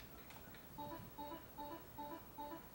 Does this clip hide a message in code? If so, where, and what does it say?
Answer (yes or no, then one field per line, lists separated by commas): no